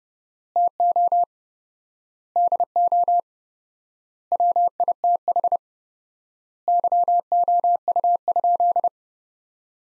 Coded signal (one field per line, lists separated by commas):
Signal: Morse code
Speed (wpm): 32 wpm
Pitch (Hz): 700 Hz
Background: none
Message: TO DO WITH YOU?